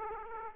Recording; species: mosquito wingbeat signal from an infrared sensor; Aedes aegypti